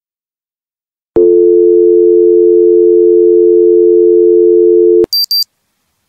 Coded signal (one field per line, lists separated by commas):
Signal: telephone call progress tone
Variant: North America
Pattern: dial tone